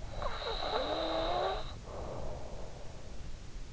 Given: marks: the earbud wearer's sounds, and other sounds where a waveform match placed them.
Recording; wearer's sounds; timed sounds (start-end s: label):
sounds in sleep by an in-ear microphone; snoring breath
0.17-3.32 s: snoring breath